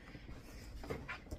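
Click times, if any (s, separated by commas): none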